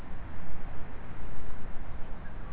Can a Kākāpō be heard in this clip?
no